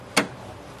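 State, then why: Seated. A metal drive cage latch in a computer case is pushed forward after the floppy drive cage has been slid back into the case. A sharp, loud click at 0.2 seconds marks the latch locking in place, followed by a faint tick at the very end.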